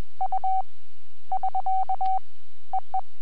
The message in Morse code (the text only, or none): U <SK> EE